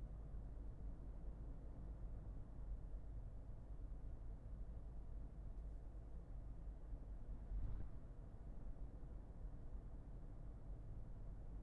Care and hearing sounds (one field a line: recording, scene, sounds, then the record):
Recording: everyday scene through a hearing-aid microphone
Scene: in a vehicle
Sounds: engine, highway driving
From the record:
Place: Berlingo II, diesel engine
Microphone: behind the ear, left, front